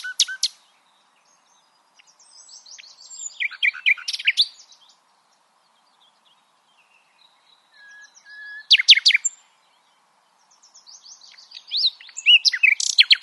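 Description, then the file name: Common nightingale song, bursts of varied chirps and rattles separated by long pauses. "Luscinia megarhynchos"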